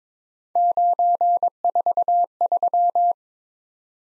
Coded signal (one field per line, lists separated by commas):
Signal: Morse code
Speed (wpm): 22 wpm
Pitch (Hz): 700 Hz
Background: none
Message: 943